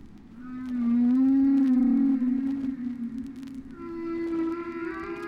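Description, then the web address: Whale song made of a loud, swelling low moan that slides slightly in pitch, followed by a steadier, somewhat higher sustained tone. "KU whales"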